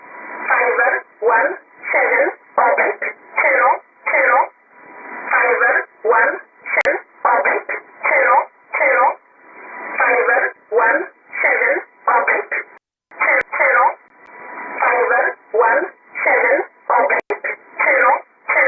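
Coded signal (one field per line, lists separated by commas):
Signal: numbers station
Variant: E11 Oblique, English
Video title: 18 01 2018 E11 Oblique Numbers station in English to Eu 0645 on 7840 unknown tx site in USB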